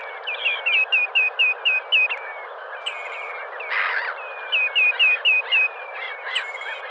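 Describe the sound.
Common greenshank calling in two quick runs of clear, ringing notes, several each, with a brief rushing noise between them.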